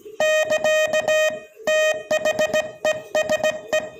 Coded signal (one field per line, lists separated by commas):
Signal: Morse code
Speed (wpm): 17 wpm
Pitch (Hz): 620 Hz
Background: music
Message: <KA> THESE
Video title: Morse code signalling at 20 words per minute